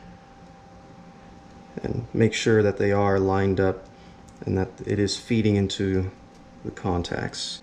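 Someone talks over a low steady hum while the two housing halves of an original 1996–98 Jeep Grand Cherokee stereo, being fitted with an AUX port mod, are lined up so the connector contacts feed in correctly before the halves are sandwiched together. Nothing has been pressed together or clicked yet.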